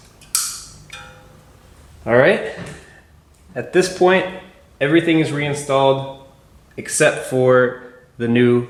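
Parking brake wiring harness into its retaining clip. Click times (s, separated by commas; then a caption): 0.3 s. The electronic parking brake wiring harness on the rear brake assembly of a 2015 BMW X3 (F25) is pushed back into its small retaining clip, giving one sharp click at 0.4 s as it seats. Someone then talks for the rest of the clip.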